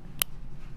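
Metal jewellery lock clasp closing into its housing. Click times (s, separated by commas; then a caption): 0.2 s. A metal necklace lock clasp is held up close to a microphone and closed, snapping into its housing with a single sharp, bright click at 0.2 s over a faint low background hum. The clasp is seated and locked into place.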